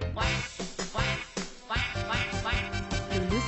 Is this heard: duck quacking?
yes